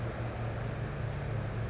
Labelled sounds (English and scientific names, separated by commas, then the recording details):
California Towhee (Melozone crissalis)
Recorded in Sonoma County, California